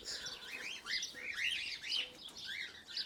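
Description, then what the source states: Cockatiel chirping in quick, arched, warbling notes, about two a second, in a loose continuous run. Pearl colour variety cockatiel.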